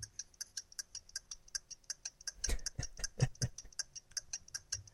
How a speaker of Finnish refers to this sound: mutta menee minulla paremmin kuin minun työkovalevyllä. Se pitää tällaista ääntä.